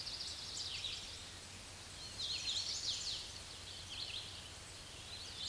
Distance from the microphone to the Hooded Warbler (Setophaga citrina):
about 25 m